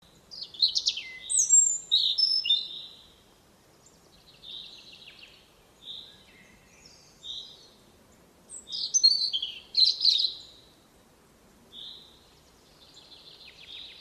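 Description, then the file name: European robin song: thin, high whistled phrases with fast trills and squeaky notes, given in bursts with short pauses, over a faint low background hiss. "Erithacus rubecula"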